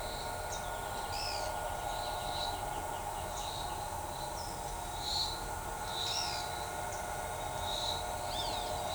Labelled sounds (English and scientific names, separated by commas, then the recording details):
Pale-legged Hornero (Furnarius leucopus), Pale-eyed Pygmy Tyrant (Atalotriccus pilaris), Roadside Hawk (Rupornis magnirostris)
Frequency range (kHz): Pale-legged Hornero (Furnarius leucopus) 2.0-4.5 kHz; Pale-eyed Pygmy Tyrant (Atalotriccus pilaris) 1.7-8.4 kHz; Roadside Hawk (Rupornis magnirostris) 2.1-5.8 kHz
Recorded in shrubland near Pivijay, Magdalena, Colombia, on 16 April 2023 at 12:00
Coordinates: 10.453, -74.365
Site P5-G022